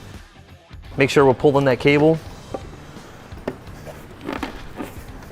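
Someone talks while an Oracle LED mirror module is handled at the side mirror housing of an off-road mirror for a Jeep Wrangler JL/Gladiator JT, with its cable being pulled through. A few short, sharp handling knocks follow around 3.5 and 4.4 seconds over quiet background. Nothing has seated or clicked yet.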